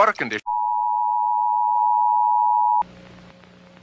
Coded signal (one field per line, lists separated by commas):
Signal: Emergency Alert System (SAME) tones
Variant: 853 and 960 Hz attention tone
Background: speech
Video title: UK EAS: Protesters